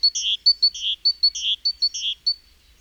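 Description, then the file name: Great tit calling, with short sharp high notes alternating with rasping buzzy churrs in a quick chain that ends with a lone high note. "Parus major"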